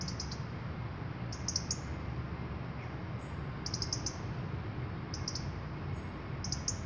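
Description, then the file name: European robin uttering several quick groups of high, dry ticks, with brief thin whistles between, and a low rumble underneath. "Erithacus rubecula"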